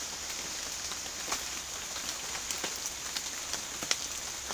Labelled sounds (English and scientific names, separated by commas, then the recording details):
none
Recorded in pastures near Puerto Asís, Putumayo, Colombia, on 27 June 2025 at 08:00
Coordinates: 0.502, -76.324
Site G010